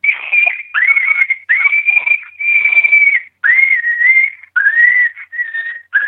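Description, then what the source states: Coyote pup screams: a series of high, thin, whining squeals in short bursts with brief gaps between. Pup screams played on an electronic caller for coyote hunting.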